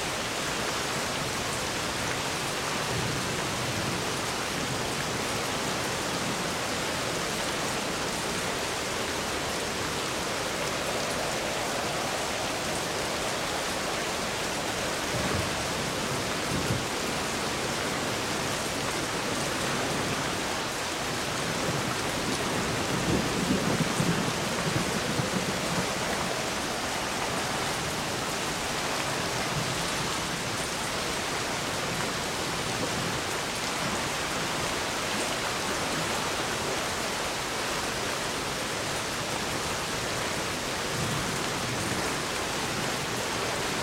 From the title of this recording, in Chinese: 雷雨声